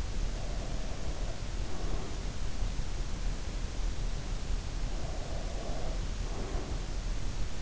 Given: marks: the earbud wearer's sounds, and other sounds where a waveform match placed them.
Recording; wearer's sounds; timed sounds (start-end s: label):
sounds in sleep by an in-ear microphone; breath
0.00-2.82 s: breath
4.84-6.92 s: breath